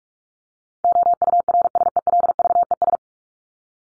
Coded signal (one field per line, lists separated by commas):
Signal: Morse code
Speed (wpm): 44 wpm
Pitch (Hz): 700 Hz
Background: none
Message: OURSELVES